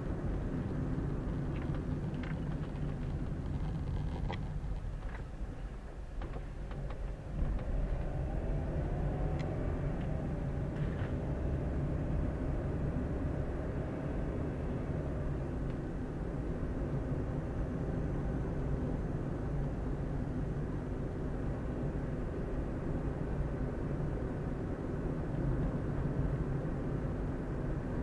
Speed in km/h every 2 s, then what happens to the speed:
30, 22, 9, 8, 18, 26, 30, 32, 33, 34, 33, 35, 36, 36.
0-4 brakes to 9. 6-11 speeds up to 30. 11-28 steady at about 33.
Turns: none.